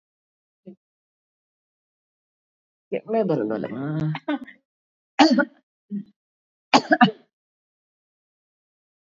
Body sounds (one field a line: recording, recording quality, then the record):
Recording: heavy voluntary cough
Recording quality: moderate, slight background noise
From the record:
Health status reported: COVID-19 positive, moderate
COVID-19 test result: positive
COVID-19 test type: RT-PCR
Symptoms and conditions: cough, fever, fatigue, hypertension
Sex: female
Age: 71 years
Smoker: no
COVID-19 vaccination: both doses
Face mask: worn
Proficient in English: no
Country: India